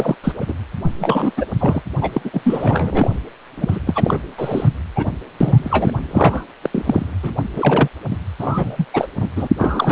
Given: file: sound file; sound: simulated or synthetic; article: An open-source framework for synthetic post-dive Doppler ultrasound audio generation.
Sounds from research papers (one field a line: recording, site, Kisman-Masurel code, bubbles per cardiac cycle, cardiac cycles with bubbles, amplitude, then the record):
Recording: Doppler ultrasound audio after a dive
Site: precordial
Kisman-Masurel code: 343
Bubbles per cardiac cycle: rolling drumbeat, over 9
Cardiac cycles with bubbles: 100%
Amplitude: loud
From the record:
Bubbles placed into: full cardiac cycles